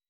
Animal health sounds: hydrophone in a shrimp aquaculture tank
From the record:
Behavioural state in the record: weakened

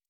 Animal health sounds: hydrophone in a shrimp aquaculture tank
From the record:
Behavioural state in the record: normal

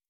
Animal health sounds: hydrophone in a shrimp aquaculture tank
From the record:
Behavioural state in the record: normal

